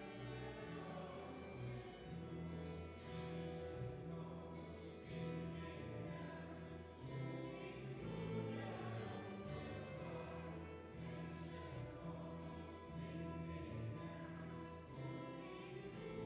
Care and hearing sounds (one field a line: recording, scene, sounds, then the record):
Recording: everyday scene through a hearing-aid microphone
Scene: reverberant space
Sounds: music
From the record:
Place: church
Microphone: behind the ear, right, front